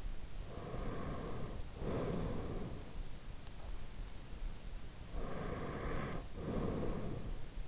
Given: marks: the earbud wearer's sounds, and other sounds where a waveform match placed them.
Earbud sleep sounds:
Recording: sounds in sleep by an in-ear microphone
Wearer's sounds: breath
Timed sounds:
0.24-2.88 s: breath
4.99-7.68 s: breath

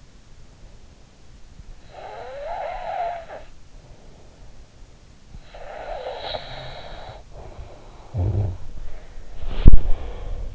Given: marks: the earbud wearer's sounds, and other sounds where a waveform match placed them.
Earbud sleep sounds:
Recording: sounds in sleep by an in-ear microphone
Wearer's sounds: snoring breath, body movement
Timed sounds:
1.93-3.51 s: snoring breath
5.53-8.77 s: snoring breath
8.63-10.55 s: body movement

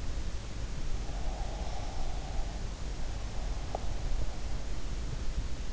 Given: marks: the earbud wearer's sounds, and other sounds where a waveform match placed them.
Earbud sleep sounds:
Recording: sounds in sleep by an in-ear microphone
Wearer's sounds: breath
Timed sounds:
1.22-4.05 s: breath

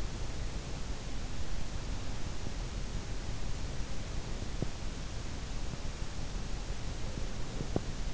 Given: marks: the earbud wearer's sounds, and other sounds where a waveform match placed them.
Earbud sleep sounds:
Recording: sounds in sleep by an in-ear microphone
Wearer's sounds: teeth grinding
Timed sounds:
4.49-4.86 s: teeth grinding
7.54-8.03 s: teeth grinding

